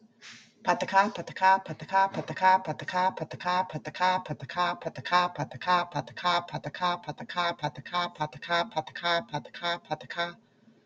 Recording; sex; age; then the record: repeated syllables /pa ta ka/; female; 50 to 59 years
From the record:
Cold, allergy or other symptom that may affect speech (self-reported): no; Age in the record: 50 years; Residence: Illinois, United States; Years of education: 18